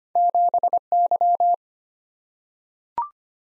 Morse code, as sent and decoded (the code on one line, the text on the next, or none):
--... -.--
7Y